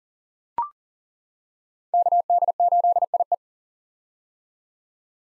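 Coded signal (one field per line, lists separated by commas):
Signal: Morse code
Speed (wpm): 37 wpm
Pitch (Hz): 700 Hz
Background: none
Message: KD8IE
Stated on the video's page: Morse code callsign drill of common POTA activator callsigns at 40 wpm, each sent, then spoken, then sent again for head-copy practice.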